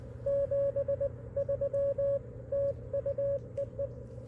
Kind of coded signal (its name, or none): Morse code